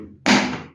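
A laptop component, a cover or module for the hard drive and RAM area, is handled and pushed toward its place in the laptop chassis. Over quiet background music, a sudden, sharp, broadband hit lands at about 0.3 s and fades out by about 0.8 s. The part has not clicked or seated yet.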